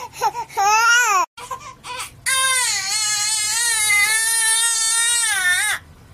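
A baby cries in short wails, then a brief gap with small sobs, followed by a long sustained wail of about three and a half seconds. The cry is loud and high-pitched with a steady tone and a slight waver. Ordinary infant crying.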